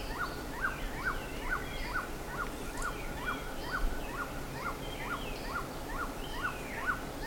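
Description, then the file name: Bird calls: a brisk run of sharp, repeated notes, a little over two per second, with occasional higher sweeping whistles and steady noise. "SABIOD 50 bird 2015"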